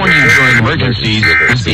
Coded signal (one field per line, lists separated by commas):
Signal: Emergency Alert System (SAME) tones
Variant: end-of-message bursts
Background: speech